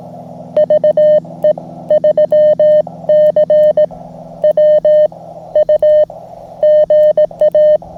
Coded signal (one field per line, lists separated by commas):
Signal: Morse code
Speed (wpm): 18 wpm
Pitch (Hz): 1800 Hz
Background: none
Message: VE3CWU GA